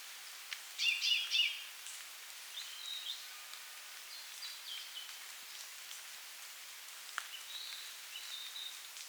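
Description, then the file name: Common chaffinch calls: a quick run of sharp, high chirps near the start, then scattered fainter thin notes through the rest, with steady soft hiss behind. "Fringilla coelebs"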